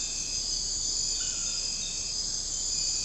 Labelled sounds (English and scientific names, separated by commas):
none